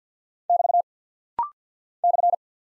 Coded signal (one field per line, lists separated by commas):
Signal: Morse code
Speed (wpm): 50 wpm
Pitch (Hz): 700 Hz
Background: none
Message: <BT> /